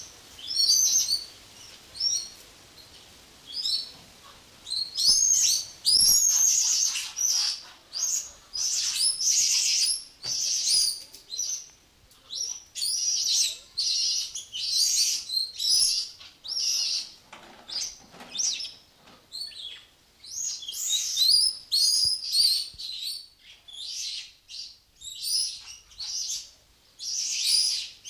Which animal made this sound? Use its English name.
Weeper Capuchin